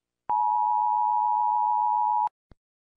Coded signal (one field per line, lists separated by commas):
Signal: Emergency Alert System (SAME) tones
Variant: 853 and 960 Hz attention tone